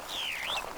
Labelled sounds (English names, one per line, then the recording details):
Superb Starling flight call
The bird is a female
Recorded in Kenya on 27 April 2009 at 08:44
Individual 34, of group DRT2